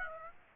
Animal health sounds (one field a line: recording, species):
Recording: mosquito wingbeat signal from an infrared sensor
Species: Aedes aegypti